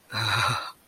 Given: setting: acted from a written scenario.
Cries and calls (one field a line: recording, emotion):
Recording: vocal sound without words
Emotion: ecstasy